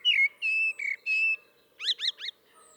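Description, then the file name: Common blackbird song: several rich whistled notes, followed after a pause by three quick high squeaky twittering notes. "Turdus merula"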